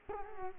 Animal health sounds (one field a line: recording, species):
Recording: mosquito wingbeat signal from an infrared sensor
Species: Culex quinquefasciatus